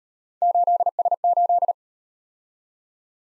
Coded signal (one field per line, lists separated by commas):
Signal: Morse code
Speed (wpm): 36 wpm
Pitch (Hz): 700 Hz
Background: none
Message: 8S8